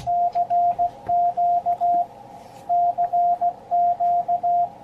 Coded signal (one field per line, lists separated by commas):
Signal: Morse code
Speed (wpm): 16 wpm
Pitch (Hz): 700 Hz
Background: none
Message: CQ CQ